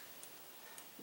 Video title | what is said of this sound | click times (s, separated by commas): Inspection & Complete Assembly of Desert Eagle 1911 - Cleaning Secrets & Tips PT 2 | and that click I'm looking for tells me it's threaded properly | 0.2 s